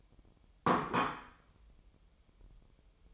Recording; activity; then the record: daily activity, microphone in the room; place plate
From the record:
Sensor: 1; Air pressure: 988.6 hPa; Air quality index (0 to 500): 197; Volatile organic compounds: 934 ppm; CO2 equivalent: 5232 ppm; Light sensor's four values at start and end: 25/93/35/36 and 25/93/35/36